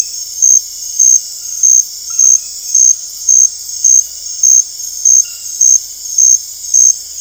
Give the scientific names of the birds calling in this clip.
none